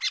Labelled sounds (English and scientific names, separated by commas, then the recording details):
Brown-throated Parakeet (Eupsittula pertinax) contact call
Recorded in Bonaire
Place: 1 km N of power plant, rd to Republiek
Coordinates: 12.184, -68.285